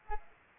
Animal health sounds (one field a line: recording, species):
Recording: mosquito wingbeat signal from an infrared sensor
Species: Culex pipiens